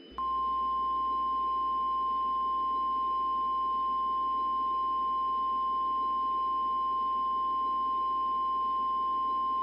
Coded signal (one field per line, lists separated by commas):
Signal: Emergency Alert System (SAME) tones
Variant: 1050 Hz attention tone